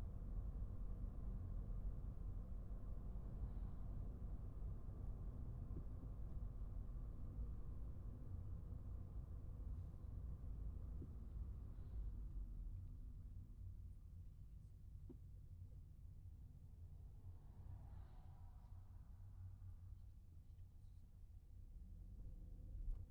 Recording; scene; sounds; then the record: everyday scene through a hearing-aid microphone; in a vehicle; engine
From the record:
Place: Skoda Fabia, gasoline engine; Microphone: behind the ear, right, rear